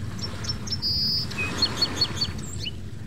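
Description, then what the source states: Song sparrow song: a few high chips, a held high note, then a row of sharp, evenly spaced notes, over steady low background noise. Recorded at Bristol Harbor, Rhode Island.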